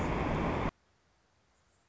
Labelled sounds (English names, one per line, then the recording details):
Anna's Hummingbird
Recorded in Sonoma County, California